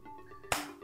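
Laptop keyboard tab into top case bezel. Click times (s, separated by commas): 0.5 s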